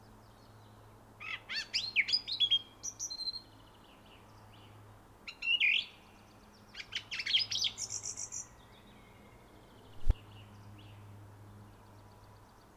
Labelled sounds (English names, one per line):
Song Thrush song